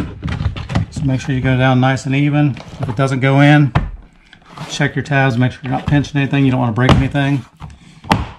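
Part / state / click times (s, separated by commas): plastic door trim panel tabs into van door / seated / 8.1 s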